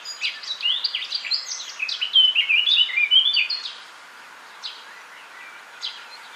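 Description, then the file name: Eurasian blackcap song: a hurried scratchy warble leading into a few loud clear fluted notes, then sparse high chips after the phrase ends. "Sylvia atricapilla"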